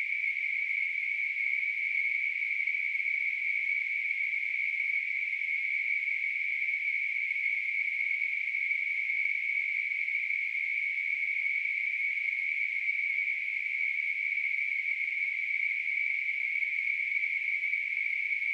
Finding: Tinnitus.